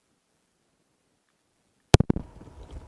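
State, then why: Not seated. A live XLR cable, unplugged from one shotgun microphone, is handled toward its connector on a new Sennheiser MKH 426-P48U3 shotgun microphone. After nearly two seconds of silence, three sharp clacks land at about 1.9, 2.0 and 2.1 seconds, followed by low, rumbling handling noise. Nothing has seated or clicked into place yet.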